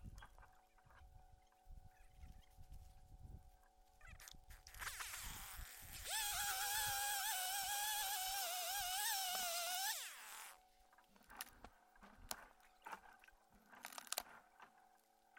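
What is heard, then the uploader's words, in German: A dentist's tree felling: a loud, high, wavering whine cuts in near five seconds, holds with a hissing edge, then stops around ten. Before and after, a steady low hum, broken by scattered clicks and knocks. Das Fällen eines Baums im Spektrum eines Zahnarztes. Anscheinend ist mit der Motorsäge die Drehzahl zu dynamisch.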